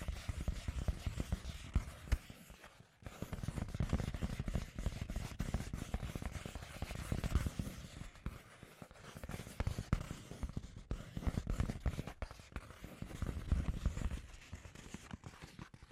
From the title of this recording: Scratchy Tapping